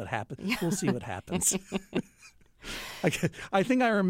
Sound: laughter

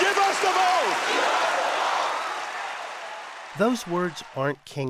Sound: applause

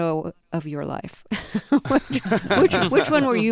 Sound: laughter

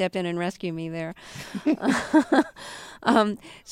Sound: soundbite of laughter

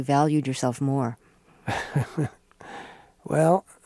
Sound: soundbite of laughter

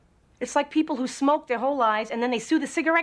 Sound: none

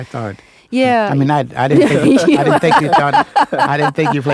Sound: laughs

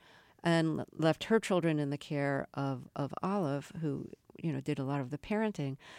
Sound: none

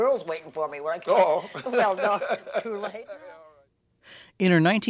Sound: soundbite of laughter

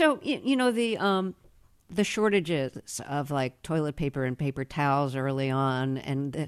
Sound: none

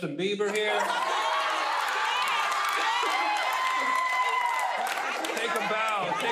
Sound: laughter, applause

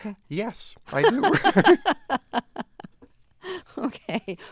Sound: soundbite of laughter

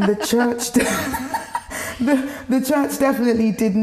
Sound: laughter

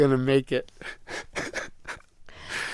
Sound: laughter

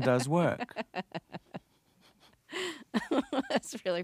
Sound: soundbite of laughter

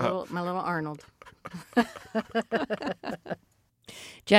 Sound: laughter

